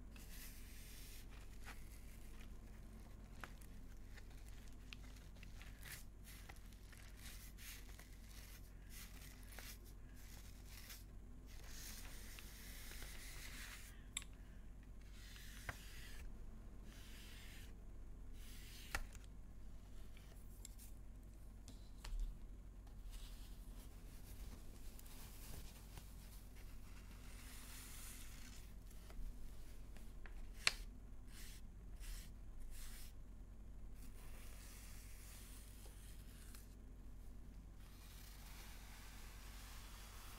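Quiet handling of paper, with soft crinkles, folds and brief taps scattered unevenly throughout. Short crisp bursts alternate with near-silent pauses, over a steady low hum. Faint whispery hiss appears between the sharper paper sounds.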